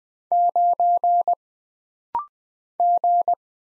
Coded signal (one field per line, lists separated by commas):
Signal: Morse code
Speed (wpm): 20 wpm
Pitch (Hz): 700 Hz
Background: none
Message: 9 G